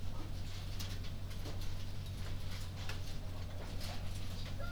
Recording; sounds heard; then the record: poultry house recording; healthy chickens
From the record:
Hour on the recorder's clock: 22